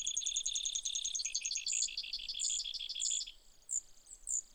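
Brewer's sparrow giving high trills that shift pitch, followed by separate sharp chips, with steady background hiss throughout.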